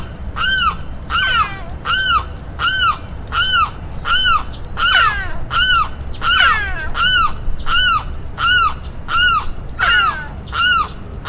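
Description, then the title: Limpkin giving loud, harsh, arched wailing calls repeated steadily about every 0.7 seconds, with a few descending rattling notes mixed in among them. "LuckyPassaro Completos2Sama. Limpkin (Aramus guarauna)"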